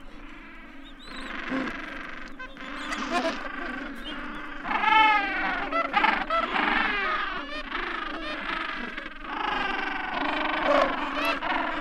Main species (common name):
Gentoo Penguin